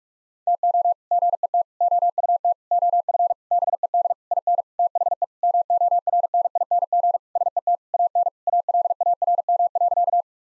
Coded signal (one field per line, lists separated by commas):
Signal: Morse code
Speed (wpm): 41 wpm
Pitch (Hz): 700 Hz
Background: none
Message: TO GET OUT OF BED IN THE MORNING SET AN ALARM.